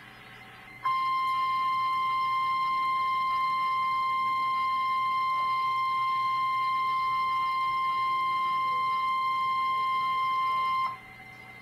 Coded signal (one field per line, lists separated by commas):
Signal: Emergency Alert System (SAME) tones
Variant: 1050 Hz attention tone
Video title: NOAA Weather Radio: Severe T'Storm Warning/ Tornado Warning (EAS #88-89)